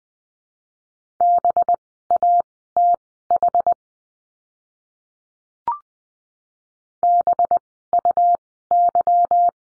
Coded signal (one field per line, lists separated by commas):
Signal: Morse code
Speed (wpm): 20 wpm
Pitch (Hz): 700 Hz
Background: none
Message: BATH BUY